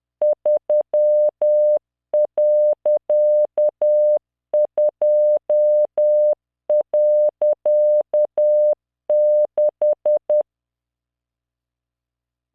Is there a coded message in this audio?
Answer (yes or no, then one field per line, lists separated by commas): yes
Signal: Morse code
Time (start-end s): 0.2-10.4 s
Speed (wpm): 10 wpm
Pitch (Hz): 600 Hz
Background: none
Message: 3.2.6